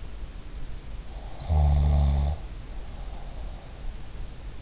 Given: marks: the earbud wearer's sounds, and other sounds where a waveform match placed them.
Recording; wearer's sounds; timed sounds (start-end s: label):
sounds in sleep by an in-ear microphone; snoring breath
1.21-3.82 s: snoring breath